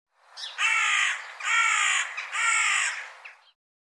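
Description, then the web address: Bird giving three harsh, drawn-out cawing calls in close succession, each lasting just under a second, with no other clear sounds around them. "cianscape birddata Deverinetal 2025 File cleaned normalized Bird"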